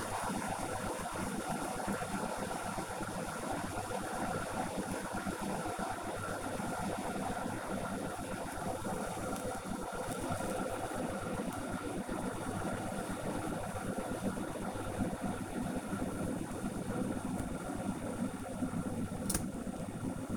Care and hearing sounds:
household activities, microphone on the right wrist
0.00-20.37 s: making tea

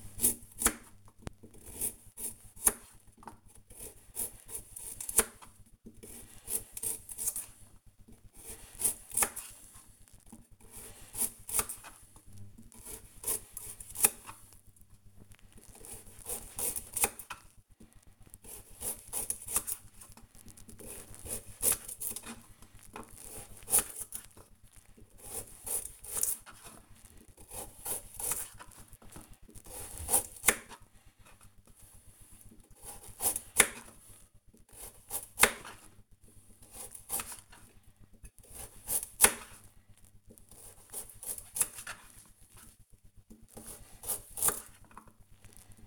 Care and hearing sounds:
household activities, microphone on the right wrist
0.00-45.87 s: cutting vegetables

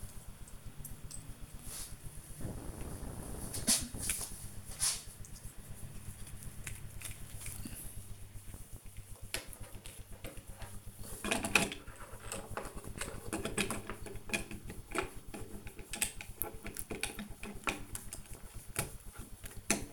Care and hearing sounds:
household activities, microphone on the right wrist
0.00-19.93 s: building with lego

